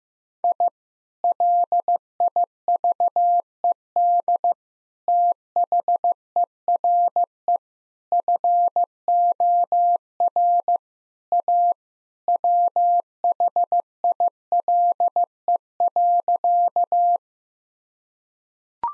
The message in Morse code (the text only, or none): I LIVED THERE FOR A WHILE.